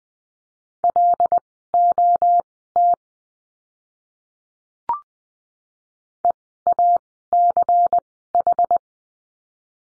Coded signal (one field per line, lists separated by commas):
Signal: Morse code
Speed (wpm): 20 wpm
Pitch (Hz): 700 Hz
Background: none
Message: LOT EACH